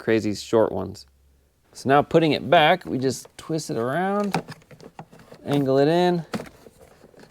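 Someone talks while the under-hood fuse box of a Nissan Versa is twisted around and angled back into its plastic mounting bracket in the engine bay, with a few faint, brief handling taps near 4.7 to 5.2 seconds. The fuse box has not dropped in or clicked into place yet.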